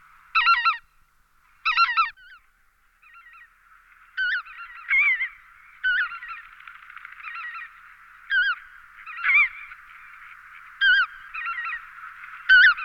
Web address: All the bird songs of Britain and Europe - Jean-Claude Roche. Anser erythropus